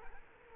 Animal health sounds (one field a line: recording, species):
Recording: mosquito wingbeat signal from an infrared sensor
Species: Culex quinquefasciatus